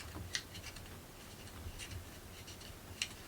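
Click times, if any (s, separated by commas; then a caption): 0.3 s, 3.0 s. Wooden pieces are pushed fully into their slots in a wooden model kit, with faint rubbing and ticking between two sharp clicks at 0.4 and 3.0 seconds. The pieces seat home, though the confirmation afterward sounds a little unsure.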